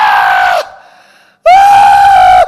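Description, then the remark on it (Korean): A voice imitates a young man's loud, animal-like screaming wail as he cries during prayer: two long, sustained cries, each a steady high-pitched howl with a brief quieter trailing tone between them. “나는 사람이 그렇게 짐승 소리를 내며 크게 짐승 소리 같은 그런 비명을 지르며 우는 거 처음 봤어요.”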